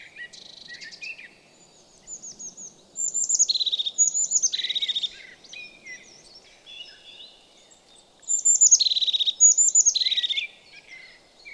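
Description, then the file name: Crested tit song: high, thin trilled phrases with short sweeping notes in two loud bursts, with softer twittering before and between them. "Kuifmees"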